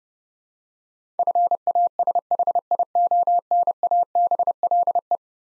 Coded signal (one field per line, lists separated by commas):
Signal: Morse code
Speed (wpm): 30 wpm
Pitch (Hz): 700 Hz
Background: none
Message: FASHIONABLE